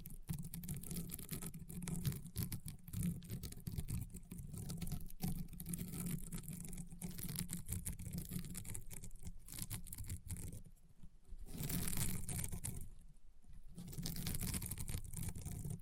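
Slime being squeezed and pressed makes dense, continuous crackling and popping, with countless tiny clicks running through almost the whole clip. A low rumbling hum sits underneath throughout. Brief quieter gaps come around 11 and 13 seconds before the crunching resumes.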